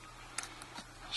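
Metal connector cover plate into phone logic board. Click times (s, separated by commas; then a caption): 0.4 s. A metal cover plate is pushed back into place over the display connectors on an iPhone 5 logic board and snaps in with a sharp click at 0.4 s. A fainter tick follows at 0.6 s, and a soft hiss rises at the end. The plate is seated.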